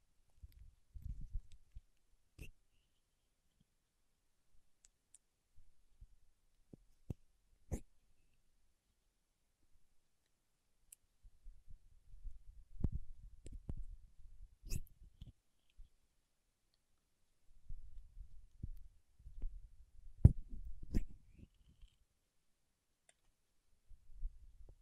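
Paraffin wax is handled with sparse, sharp taps and clicks spread across the recording, some bright and snappy, around 2, 8, 15 and 20 seconds. Between them come low, rough scratching and peeling passages in bursts, near 1, 11–16 and 18–22 seconds, with silence between.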